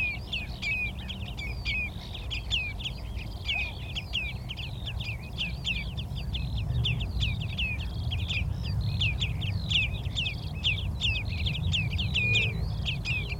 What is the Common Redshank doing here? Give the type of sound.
call